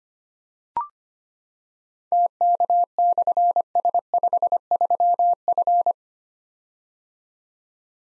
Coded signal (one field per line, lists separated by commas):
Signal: Morse code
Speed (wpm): 25 wpm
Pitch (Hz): 700 Hz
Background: none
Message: TK/S53F